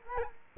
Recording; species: mosquito wingbeat signal from an infrared sensor; Culex quinquefasciatus